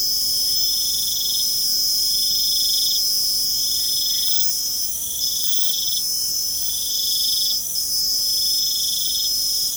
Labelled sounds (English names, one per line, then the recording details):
none
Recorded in pastures near Puerto Asís, Putumayo, Colombia, on 25 June 2025 at 23:30
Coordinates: 0.472, -76.331
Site G095